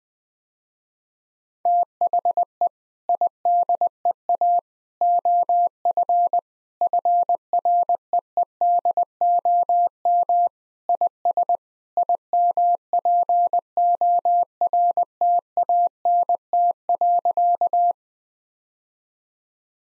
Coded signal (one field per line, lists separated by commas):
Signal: Morse code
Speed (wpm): 20 wpm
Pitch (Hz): 700 Hz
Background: none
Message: THE IDEA OF FREEDOM IS IMPORTANT.